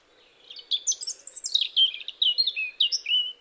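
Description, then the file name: European robin song: a fluent, tumbling series of high sweet warbles and trills, rising and falling. "Erithacus rubecula"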